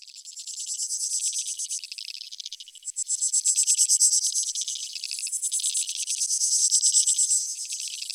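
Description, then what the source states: Insects calling in a dense high buzzing chorus of rapid pulses, swelling and fading in waves, with a dip near three seconds; no low sounds. Field recording from Australia or Portugal, 2011, of creek insects, used in a collaborative soundwork; some recordings unaltered, others processed.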